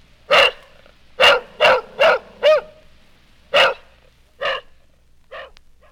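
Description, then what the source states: Dog barking, eight sharp barks in irregular bursts: one bark, a quick run of four, then a pause and three more, spaced and fading toward the end. Full-grown adult dog barking.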